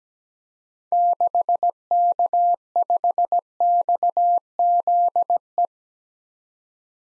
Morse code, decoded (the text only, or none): 6K5XZE